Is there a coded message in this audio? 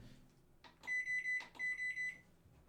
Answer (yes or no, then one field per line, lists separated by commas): no